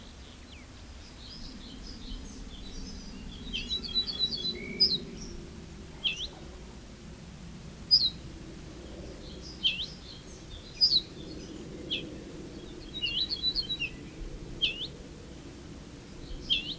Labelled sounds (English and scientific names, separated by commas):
Ortolan Bunting (Emberiza hortulana)